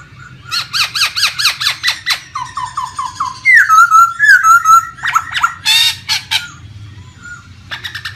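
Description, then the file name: Laughingthrush song: rapid repeated harsh, buzzy notes, then slurred clear whistles and chattering bursts in a varied, energetic sequence over a low steady hum. Laughingthrush singing in its wild, forest-style voice. "Tieng khuou hot giong rung"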